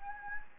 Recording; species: mosquito wingbeat signal from an infrared sensor; Anopheles gambiae